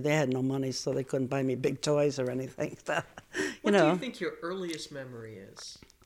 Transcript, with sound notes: They had no money, so they could buy me big toys or anything like that, you know. (she laughs) What do you think your earliest memory is?